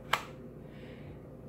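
A pistol is pushed into a second molded holster and clicks into retention with a single sharp snap at 0.1 s, which is less pronounced than with the other holster. The click fades quickly, leaving only a low, steady background hum. The pistol is seated.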